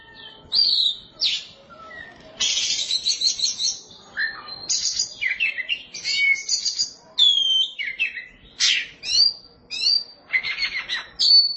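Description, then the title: Oriental magpie-robin song of rapid rattling trills, rising and falling whistles and buzzy notes, delivered in a long, varied, energetic sequence. Kacer song. "Suara Kicauan Burung Kacer"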